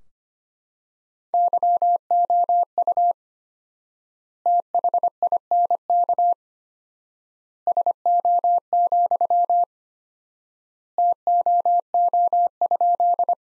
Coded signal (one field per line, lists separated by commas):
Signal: Morse code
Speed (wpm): 25 wpm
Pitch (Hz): 700 Hz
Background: none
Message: YOU THINK SO, TOO?